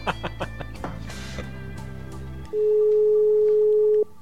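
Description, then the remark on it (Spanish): A telephone ringback tone during a prize call that is lost if unanswered by the fifth ring: a single loud, steady mid-pitched beep lasting about a second and a half, following a few seconds of background music and clatter. “Dos tonos. Dos, tres. Al quinto tono pierde el premio.”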